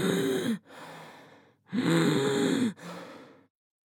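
Wheeze in an adult's breathing: two breaths, each with a loud, musical, low-pitched tonal sound followed by a quieter stretch of airflow noise.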